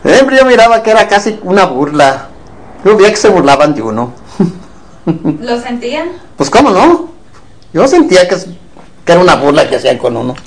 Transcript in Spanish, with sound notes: Siempre yo miraba que era casi una burla, yo veía que se burlaban di uno. (risas)
¿Lo sentían?
Pos, ¿cómo no? Yo sentía que era una burla que hacían con uno.